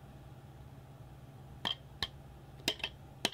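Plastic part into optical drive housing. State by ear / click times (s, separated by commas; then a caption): not seated / none. While a disassembled optical drive is being reassembled, a plastic part is pressed back into the drive housing, producing short, sharp plastic ticks at about 1.7, 2.0, 2.7, 2.8 and 3.3 s over a low steady hum, the last being the loudest. The part is only being handled, and nothing has seated or clicked into place yet.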